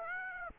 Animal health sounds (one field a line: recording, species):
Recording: mosquito wingbeat signal from an infrared sensor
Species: Aedes aegypti